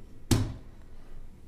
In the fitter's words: pops right into the Gravitas and is perfectly supported.